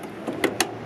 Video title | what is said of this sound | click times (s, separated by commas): SOLD: 1992 Toyota Hiace LH107 Diesel 4WD | And then, I don't know if you could hear that click or not in the video, but | 0.4 s, 0.6 s